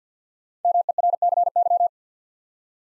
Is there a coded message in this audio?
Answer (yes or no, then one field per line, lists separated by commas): yes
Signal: Morse code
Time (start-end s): 0.7-1.9 s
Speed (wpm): 52 wpm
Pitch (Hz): 700 Hz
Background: none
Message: MERCY